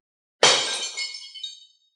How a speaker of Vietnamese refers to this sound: chiếc gương ầm ầm tan vỡ, chia năm xẻ bảy